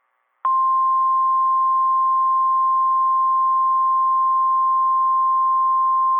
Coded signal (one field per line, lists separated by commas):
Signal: Emergency Alert System (SAME) tones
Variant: 1050 Hz attention tone